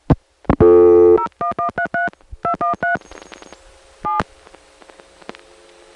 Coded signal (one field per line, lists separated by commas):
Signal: DTMF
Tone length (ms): 120 ms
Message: 01133 213 7